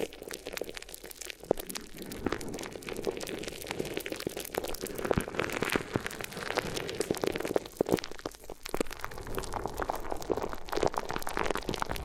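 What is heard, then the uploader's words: Crinkly rustling sounds like material being rubbed and crumpled right against the ear, a dense crackling that never stops. Sharp crunchy snaps stand out around two, five and eight seconds. There are no other sounds behind it. ASMR Addictive Crinkly Ear Massage (No Talking).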